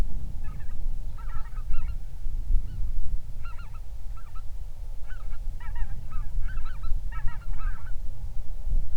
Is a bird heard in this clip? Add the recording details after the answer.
yes. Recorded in the Prudhoe Bay oil fields, Alaska, on 31 July 2019 at 07:59. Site 24